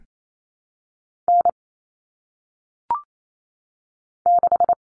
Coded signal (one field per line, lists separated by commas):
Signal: Morse code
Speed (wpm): 28 wpm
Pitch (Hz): 700 Hz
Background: none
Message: N 6